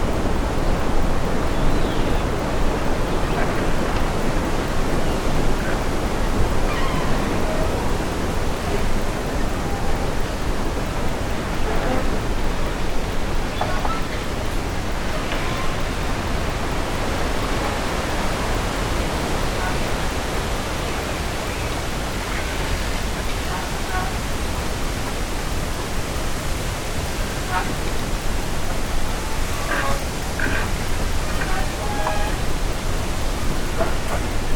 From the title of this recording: WHISPERING TREES • Natural Background Noise